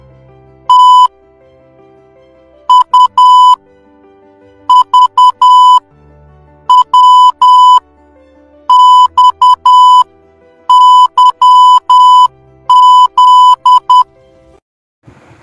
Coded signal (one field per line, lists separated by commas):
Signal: Morse code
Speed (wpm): 10 wpm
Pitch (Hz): 1000 Hz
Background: music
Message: T U V W X Y Z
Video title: srk 182 morse codes all letters